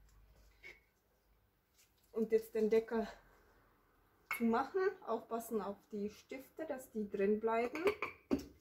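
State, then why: Not seated. While resealing a BMW M3 E36 car AC compressor (also E34 and Z3) with new O-rings and a shaft seal, the housing part is lined up on its locating pins and handled. Someone talks throughout, with a brief sharp sound near 8.3 s. Nothing has seated or clicked into place yet.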